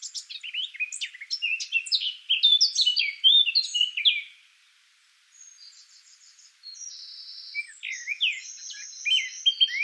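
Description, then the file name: Eurasian blackcap song, a fast scratchy warble of jumbled high notes for four seconds, then a pause, softer high notes and a fresh warbling burst. "Sylvia atricapilla"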